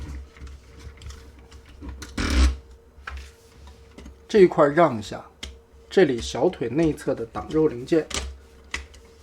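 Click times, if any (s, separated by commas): 8.7 s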